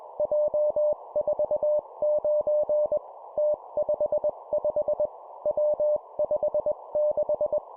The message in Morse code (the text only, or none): J49 T55 W56